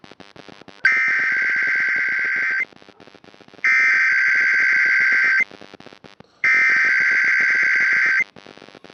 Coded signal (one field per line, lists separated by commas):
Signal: Emergency Alert System (SAME) tones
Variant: header bursts